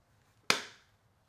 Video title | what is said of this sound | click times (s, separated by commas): NEEDS SOME WORK!! - Anker MagGo Magnetic Case with Stand for iPhone 16 Pro Max | Okay, so pretty solid click on there. | 0.5 s